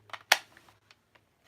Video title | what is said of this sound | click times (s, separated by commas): Ryusoulger Wave 1 Unboxing Part 1 | nice clicks in Nice | 0.3 s